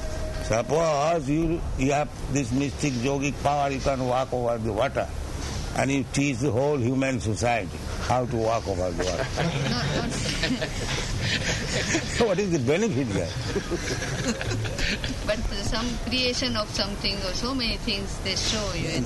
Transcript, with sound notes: Suppose you have this mystic yogic power, you can walk over the water, and you teach the whole human society how to walk over the water. [laughter] What is the benefit there?
But for some creation of something or so many things they show you...